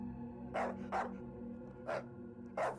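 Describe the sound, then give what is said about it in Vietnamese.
A dog named Tuyền runs in from outside and barks four times in short, sharp bursts, two close together, then a pause before two more, over a steady low hum in the background. “Đột nhiên con Tuyền từ bên ngoài chạy vào sủa lên.”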